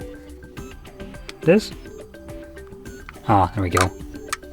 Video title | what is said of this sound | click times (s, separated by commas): Unboxing of DJI Osmo Pocket 3 – Quick Review / First Impression | oh okay so that actually makes it much simpler it locks into place on its own as you can see | 4.3 s